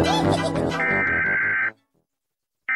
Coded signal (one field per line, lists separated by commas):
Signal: Emergency Alert System (SAME) tones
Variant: header bursts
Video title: ⚠️Bonaire EAS alarm (MEGA HURRICANE)⚠️